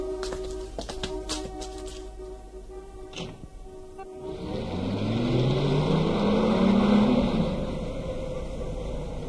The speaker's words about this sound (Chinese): 803跟随着那个人乘车往东，汽车七拐八拐的，不一会儿就停在一家桑拿浴室门前